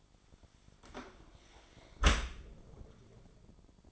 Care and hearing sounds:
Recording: daily activity, microphone in the room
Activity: close dishwasher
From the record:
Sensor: 5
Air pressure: 1003.2 hPa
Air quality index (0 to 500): 134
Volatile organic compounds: 2 ppm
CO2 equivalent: 982 ppm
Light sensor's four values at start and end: 85/209/85/98 and 76/186/77/87

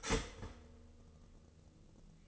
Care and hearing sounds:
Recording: daily activity, microphone in the room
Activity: start toaster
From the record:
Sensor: 4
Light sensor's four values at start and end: 9/20/8/8 and 9/20/8/8

